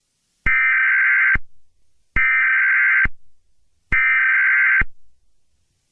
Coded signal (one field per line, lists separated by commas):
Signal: Emergency Alert System (SAME) tones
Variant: header bursts